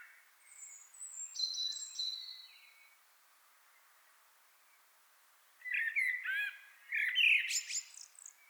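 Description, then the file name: Common blackbird with thin high whistled notes, a long quiet pause, then two loud bursts of fluty warbling laced with squeaky twitter. "Turdus merula"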